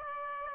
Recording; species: mosquito wingbeat signal from an infrared sensor; Aedes aegypti